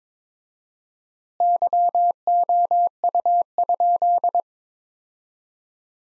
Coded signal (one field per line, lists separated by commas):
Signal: Morse code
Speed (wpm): 22 wpm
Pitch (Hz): 700 Hz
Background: none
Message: YOU?